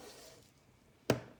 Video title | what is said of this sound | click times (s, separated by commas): LDY Orion Balisong: Assembly Instructions for Zippy Extension Spacers | and it should just snap right in | 1.1 s